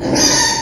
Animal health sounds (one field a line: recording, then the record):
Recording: squeal of a Yucatan mini pig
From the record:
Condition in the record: before surgery on the right vocal fold (resection and tissue-engineered implant)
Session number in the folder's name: 1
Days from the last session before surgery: -3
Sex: male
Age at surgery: 12 weeks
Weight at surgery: 13 kg